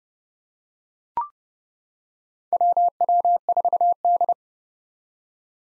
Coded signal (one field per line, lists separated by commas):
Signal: Morse code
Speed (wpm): 30 wpm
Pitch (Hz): 700 Hz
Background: none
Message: WW4D